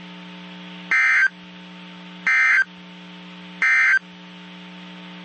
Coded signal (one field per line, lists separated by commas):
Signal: Emergency Alert System (SAME) tones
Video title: EAS 1338-1346 (3/14/22)